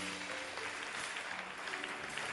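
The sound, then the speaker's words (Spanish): An audience applauds in a steady, dense wash of clapping that holds at an even loudness for the whole stretch, with no voices standing out. “Denle un aplauso.”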